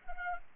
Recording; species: mosquito wingbeat signal from an infrared sensor; Culex pipiens